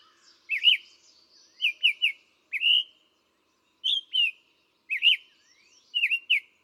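Summer tanager song: a run of clear, slightly burry whistled phrases, some paired, some single and rising, spaced by short pauses.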